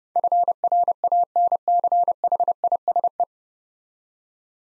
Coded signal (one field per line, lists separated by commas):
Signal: Morse code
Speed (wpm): 30 wpm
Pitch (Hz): 700 Hz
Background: none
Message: FRANCHISE